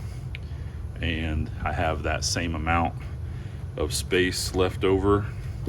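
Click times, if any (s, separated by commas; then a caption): 0.4 s. A TMI sun visor's pivot rod in a 1987 T-Top Mustang (Foxbody) is twisted in its headliner mounting bracket until the notch passes the lock, giving a single sharp click at 0.4 s as it seats into the detent. Someone then talks over a steady low hum.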